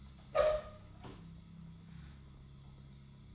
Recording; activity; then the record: daily activity, microphone in the room; open door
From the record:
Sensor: 3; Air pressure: 1004.9 hPa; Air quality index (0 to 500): 75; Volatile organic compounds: 2 ppm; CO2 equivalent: 1125 ppm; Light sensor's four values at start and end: 8/20/8/8 and 9/20/8/8